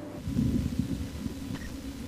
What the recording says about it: Clips of the sound of my stomach. A recording of my stomach that Sarah and Beth made earlier.